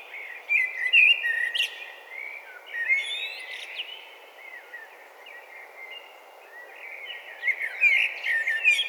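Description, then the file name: Eurasian blackbird song, a flowing run of fluty, slurred notes with scratchy high flourishes that come in bursts near the start, middle and end, over faint hiss. "Turdus merula"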